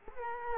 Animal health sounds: mosquito wingbeat signal from an infrared sensor; Culex quinquefasciatus

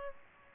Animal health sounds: mosquito wingbeat signal from an infrared sensor; Aedes aegypti

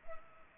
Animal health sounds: mosquito wingbeat signal from an infrared sensor; Culex pipiens

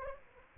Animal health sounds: mosquito wingbeat signal from an infrared sensor; Anopheles arabiensis

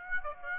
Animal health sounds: mosquito wingbeat signal from an infrared sensor; Aedes aegypti

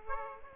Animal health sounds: mosquito wingbeat signal from an infrared sensor; Aedes aegypti

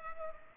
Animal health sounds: mosquito wingbeat signal from an infrared sensor; Culex pipiens

